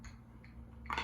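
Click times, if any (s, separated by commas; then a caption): 0.9 s. The forearm stock of a Benelli Argo E Pro rifle is put back onto the rifle during reassembly, with a low steady hum and a faint tap at 0.4 s. At 0.9 s it pops into place with a sharp click, followed by a brief rattle, and the forearm stock is seated.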